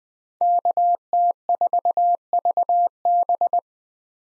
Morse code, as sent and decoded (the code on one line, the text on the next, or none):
-.- - ....- ...- -...
KT4VB